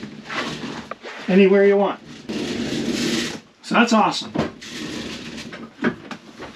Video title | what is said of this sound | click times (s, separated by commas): My Fear! But Ambulance work must continue - E48 | And it locks into place every 15 degrees of rotation, I'm going to guess. | 5.5 s, 6.1 s